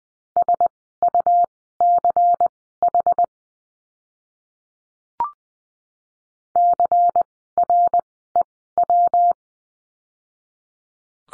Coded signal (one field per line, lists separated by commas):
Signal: Morse code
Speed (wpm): 20 wpm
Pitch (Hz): 700 Hz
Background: none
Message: SUCH CREW